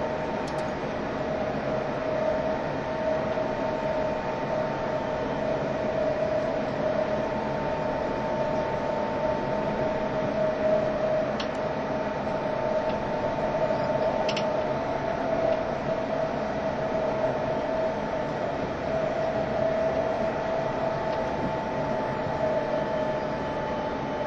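A train runs steadily with a constant rumbling roar and a sustained whining tone, plus a few faint clicks around eleven and fourteen seconds.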